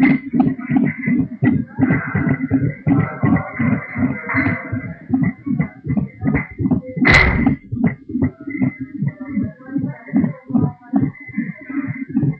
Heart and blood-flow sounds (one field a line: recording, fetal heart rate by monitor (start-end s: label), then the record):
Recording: fetal heart sounds by stethoscope on the mother's abdomen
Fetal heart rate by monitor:
0.00-10.00 s: 170 bpm
From the record:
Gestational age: 40 weeks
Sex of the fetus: boy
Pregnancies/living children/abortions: 1/0/0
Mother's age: 27 years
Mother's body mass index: 25.5